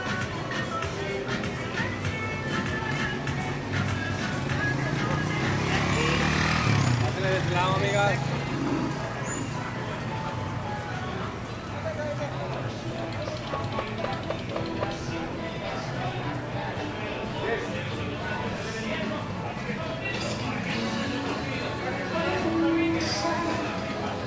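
Walking down 5th Avenue in Playa Del Carmen: steady crowd chatter throughout, with a passing vehicle swelling louder around six seconds.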